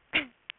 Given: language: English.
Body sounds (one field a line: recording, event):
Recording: throat vibration sensor signal played as sound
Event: cough